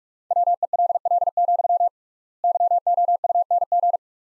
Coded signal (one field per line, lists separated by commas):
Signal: Morse code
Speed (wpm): 44 wpm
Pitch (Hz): 700 Hz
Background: none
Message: WELL, YOUNG